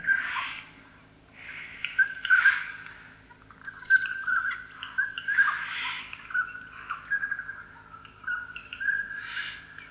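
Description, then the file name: Eurasian jay mixing harsh raspy bursts with clear whistled notes, the rough calls coming in clusters every couple of seconds over a quiet background. "Garrulus glandarius"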